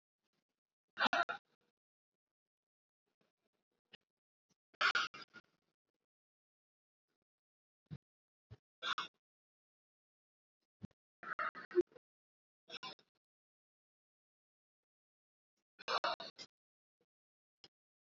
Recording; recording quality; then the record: deep breathing; poor, much background noise or distortion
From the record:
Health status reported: COVID-19 positive, mild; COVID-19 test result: positive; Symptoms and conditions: cough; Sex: male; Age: 30 years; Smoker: not ticked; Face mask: not worn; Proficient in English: yes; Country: India